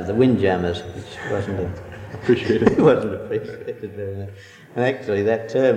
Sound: laughter